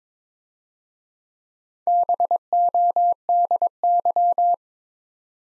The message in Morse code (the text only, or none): BODY